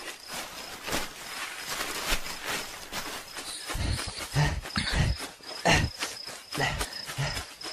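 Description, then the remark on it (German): Heavy, irregular thudding footfalls of a large animal, a bear, running off, with rustling bursts over a steady high insect trill that continues throughout. “Der Bär rennt weg.”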